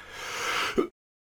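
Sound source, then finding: Adult man. Cough.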